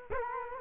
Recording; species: mosquito wingbeat signal from an infrared sensor; Culex quinquefasciatus